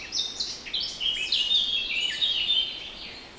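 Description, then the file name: Eurasian blackcap song: a hurried, chattering warble of bright high notes that jump up and down quickly. "Sylvia atricapilla"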